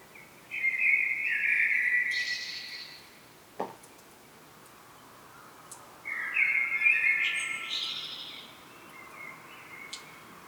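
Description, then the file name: Common blackbird song in two separate phrases, each a rich fluty warble followed by a thin, high twittering tail, with a short tap between them. "Turdus merula"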